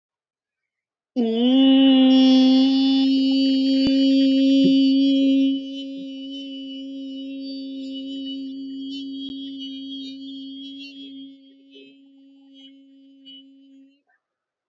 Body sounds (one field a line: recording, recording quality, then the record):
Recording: sustained vowel as in beet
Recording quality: excellent, no background noise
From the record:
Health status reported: healthy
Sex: female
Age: 24 years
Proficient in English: yes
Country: India